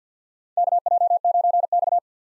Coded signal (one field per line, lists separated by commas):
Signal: Morse code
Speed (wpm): 50 wpm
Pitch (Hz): 700 Hz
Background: none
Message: KJ9X